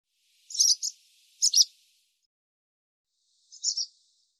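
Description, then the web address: Barn swallow chirps, two sharp double notes close together, then a softer one after a pause, on a silent background. "cianscape birddata Deverinetal 2025"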